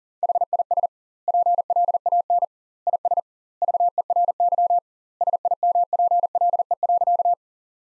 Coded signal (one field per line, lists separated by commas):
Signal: Morse code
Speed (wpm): 37 wpm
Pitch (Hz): 700 Hz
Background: none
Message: HIS PLAN IS VERY SIMPLE.